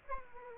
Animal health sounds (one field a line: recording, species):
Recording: mosquito wingbeat signal from an infrared sensor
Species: Aedes aegypti